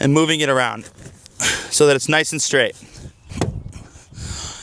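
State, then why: Seated. Someone talks while a covered rear seat back in an SUV is pushed up into its seat latch, after the crooked seat cover has been straightened by undoing and readjusting its Velcro. The seat back clicks into the latch at 3.4 s and is seated.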